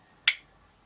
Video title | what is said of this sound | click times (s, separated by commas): How to upgrade SSD HD and Ram on Laptop HP 15S i7 Intel iRIS Clone your HD | locks in place | 0.3 s